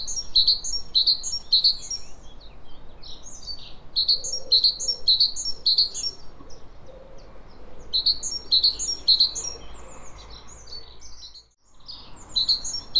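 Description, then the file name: Great tit uttering several runs of quick, high, ringing paired notes with pauses between, over low background hiss. "Parus major"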